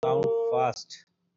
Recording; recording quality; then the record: counting at a fast pace; poor, much background noise or distortion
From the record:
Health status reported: healthy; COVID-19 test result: not tested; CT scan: not taken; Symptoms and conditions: none ticked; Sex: male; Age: 31 years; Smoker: no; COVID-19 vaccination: both doses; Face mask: worn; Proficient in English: yes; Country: India